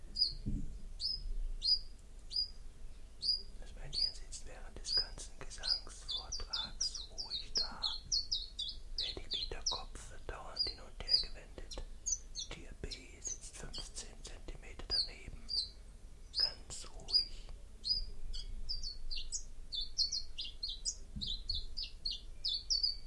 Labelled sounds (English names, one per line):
Common Chiffchaff